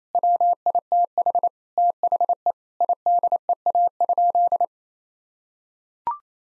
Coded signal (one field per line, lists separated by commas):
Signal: Morse code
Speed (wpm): 28 wpm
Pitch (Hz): 700 Hz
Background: none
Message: WITH THE IDEA?